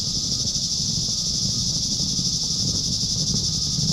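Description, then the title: Cicada buzz, high and continuous, over a noisy low rumble. "neoscenes: cicadas"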